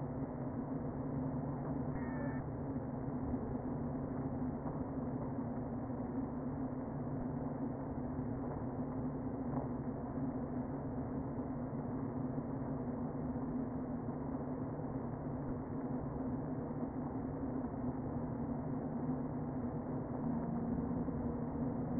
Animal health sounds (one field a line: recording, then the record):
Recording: honeybee colony, microphone inside the hive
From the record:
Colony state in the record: queen present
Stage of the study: before two queens were removed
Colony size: about 60,000 bees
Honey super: yes